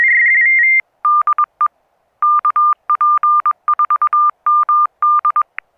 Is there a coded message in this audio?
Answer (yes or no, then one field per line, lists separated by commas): yes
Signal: Morse code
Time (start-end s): 1.0-5.4 s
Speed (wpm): 22 wpm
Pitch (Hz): 1200 Hz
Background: none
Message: DE KP4MD